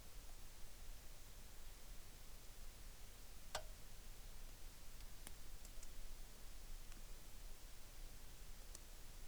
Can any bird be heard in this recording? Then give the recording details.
no. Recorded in the Arctic National Wildlife Refuge, Alaska, on 3 August 2019. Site 33